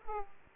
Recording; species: mosquito wingbeat signal from an infrared sensor; Aedes aegypti